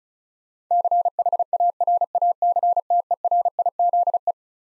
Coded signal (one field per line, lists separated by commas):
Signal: Morse code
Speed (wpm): 36 wpm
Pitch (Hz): 700 Hz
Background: none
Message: CHARACTERIZE